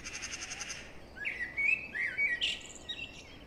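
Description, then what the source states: Blackbird-like fluted phrase of sliding, warbled notes ending in a high squeak, after an opening buzzy rattling burst. Singing in deep forest.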